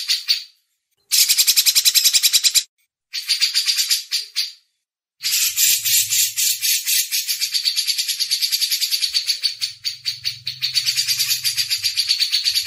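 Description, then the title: Grey-cheeked bulbul giving fast harsh chattering bursts in several runs separated by short silences; faint low hum in places. Masteran recording. "MASTERAN CUCAK JENGGOT"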